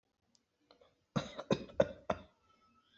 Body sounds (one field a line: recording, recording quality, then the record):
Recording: shallow voluntary cough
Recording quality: excellent, no background noise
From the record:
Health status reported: healthy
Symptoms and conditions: none ticked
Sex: male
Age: 27 years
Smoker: not ticked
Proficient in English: yes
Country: India